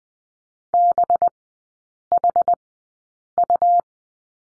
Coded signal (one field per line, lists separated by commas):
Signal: Morse code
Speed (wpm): 20 wpm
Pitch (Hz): 700 Hz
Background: none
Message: BHU